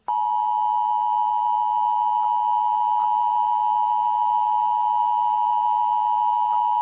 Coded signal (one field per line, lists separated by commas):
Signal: Emergency Alert System (SAME) tones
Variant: 853 and 960 Hz attention tone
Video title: Tornado Warning EAS: Omaha, Nebraska (Reupload)